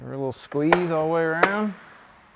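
A plastic lower door insert trim panel on a CFMoto Z950 Sport side-by-side UTV is set in position, ready to be squeezed all the way around so its push clips snap into their holes in the body panel. Someone talks, with two brief sharp transients near 0.7 s and 1.4 s under the voice. Nothing has seated or clicked yet.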